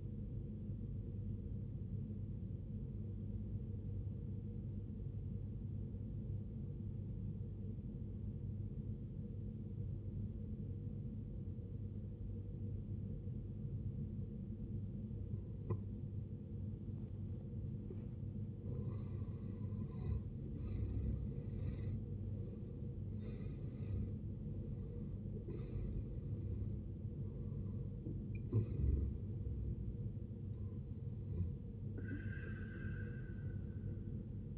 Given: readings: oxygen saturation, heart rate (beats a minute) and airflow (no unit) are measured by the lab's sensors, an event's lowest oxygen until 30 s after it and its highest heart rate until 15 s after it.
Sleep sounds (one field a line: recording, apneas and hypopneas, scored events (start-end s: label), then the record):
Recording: breathing in sleep by a smartphone at the bedside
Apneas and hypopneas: 1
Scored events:
2.00-34.58 s: new sleep stage, N2 (light sleep)
5.00-18.50 s: obstructive apnea (N2, oxygen 95% highest, then 79% lowest, heart rate 63 at the start, 77 highest)
From the record:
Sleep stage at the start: N1 (lightest sleep)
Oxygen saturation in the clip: 81 to 95%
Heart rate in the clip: 55 to 77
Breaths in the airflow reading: 5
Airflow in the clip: -14.1 to 15.8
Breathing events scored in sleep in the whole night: 389 in 6.3 hours asleep